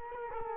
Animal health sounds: mosquito wingbeat signal from an infrared sensor; Culex quinquefasciatus

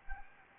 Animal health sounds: mosquito wingbeat signal from an infrared sensor; Anopheles gambiae

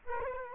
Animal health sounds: mosquito wingbeat signal from an infrared sensor; Culex quinquefasciatus

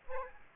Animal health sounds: mosquito wingbeat signal from an infrared sensor; Aedes aegypti

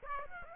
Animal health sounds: mosquito wingbeat signal from an infrared sensor; Aedes aegypti

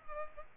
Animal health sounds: mosquito wingbeat signal from an infrared sensor; Culex pipiens

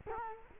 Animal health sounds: mosquito wingbeat signal from an infrared sensor; Culex quinquefasciatus

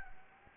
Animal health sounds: mosquito wingbeat signal from an infrared sensor; Anopheles gambiae

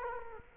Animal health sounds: mosquito wingbeat signal from an infrared sensor; Culex quinquefasciatus

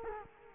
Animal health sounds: mosquito wingbeat signal from an infrared sensor; Culex quinquefasciatus

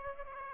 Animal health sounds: mosquito wingbeat signal from an infrared sensor; Aedes aegypti

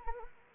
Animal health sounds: mosquito wingbeat signal from an infrared sensor; Anopheles arabiensis

